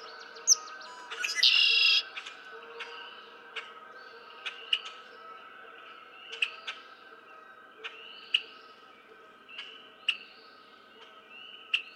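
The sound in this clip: Red-winged blackbird song: a harsh buzzy trill after short introductory notes, followed by repeated sharp chips, with faint whistles in the background.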